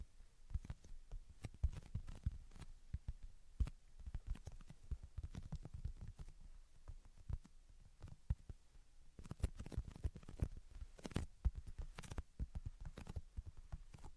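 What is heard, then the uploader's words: Tapping and scratching sounds run continuously for the whole stretch, dense and irregular, with soft low thuds mixed in among sharper, brighter taps. Clusters of stronger hits come around the ninth to twelfth seconds, and a faint rustle sits underneath throughout. Tapping, Scratching, and Tracing Sounds. (No Talking).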